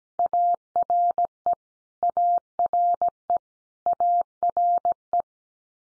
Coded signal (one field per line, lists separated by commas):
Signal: Morse code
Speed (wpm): 17 wpm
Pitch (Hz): 700 Hz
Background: none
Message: ARE ARE ARE